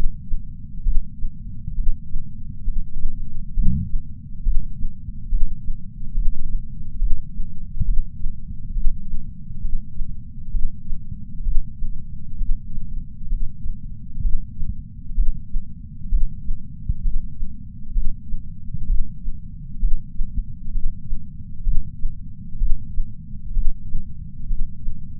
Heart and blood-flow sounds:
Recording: heart sounds by patch sensor on the chest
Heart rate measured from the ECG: 66 bpm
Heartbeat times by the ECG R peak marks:
0.82 s: heartbeat
1.74 s: heartbeat
2.63 s: heartbeat
3.53 s: heartbeat
4.42 s: heartbeat
5.28 s: heartbeat
6.13 s: heartbeat
6.98 s: heartbeat
7.84 s: heartbeat
8.72 s: heartbeat
9.60 s: heartbeat
10.50 s: heartbeat
11.42 s: heartbeat
12.36 s: heartbeat
13.28 s: heartbeat
14.20 s: heartbeat
15.14 s: heartbeat
16.08 s: heartbeat
17.01 s: heartbeat
17.92 s: heartbeat
18.85 s: heartbeat
19.78 s: heartbeat
20.70 s: heartbeat
21.62 s: heartbeat
22.57 s: heartbeat
23.52 s: heartbeat
24.46 s: heartbeat
From the record:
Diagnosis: coronary artery disease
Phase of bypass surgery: preoperative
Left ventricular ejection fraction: 64.4%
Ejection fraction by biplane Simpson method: 54.2%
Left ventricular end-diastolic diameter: 51 mm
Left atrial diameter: 34 mm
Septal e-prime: 9.9 cm/s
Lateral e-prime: 12.4 cm/s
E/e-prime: 7.7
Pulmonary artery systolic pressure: 20 mmHg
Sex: male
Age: 66 years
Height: 176 cm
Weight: 74.5 kg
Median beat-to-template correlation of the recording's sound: 0.93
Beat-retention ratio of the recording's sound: 0.99

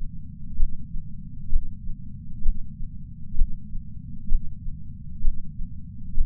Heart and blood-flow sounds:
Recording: heart sounds by patch sensor on the chest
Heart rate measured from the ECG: 65 bpm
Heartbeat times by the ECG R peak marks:
0.56 s: heartbeat
1.49 s: heartbeat
2.42 s: heartbeat
3.35 s: heartbeat
4.28 s: heartbeat
5.21 s: heartbeat
6.14 s: heartbeat
From the record:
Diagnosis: coronary artery disease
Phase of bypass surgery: intraoperative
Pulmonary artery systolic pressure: 28 mmHg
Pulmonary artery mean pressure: 20 mmHg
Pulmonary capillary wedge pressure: 13 mmHg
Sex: male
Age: 57 years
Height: 172 cm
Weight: 86 kg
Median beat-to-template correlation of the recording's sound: 0.92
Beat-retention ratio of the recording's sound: 0.99

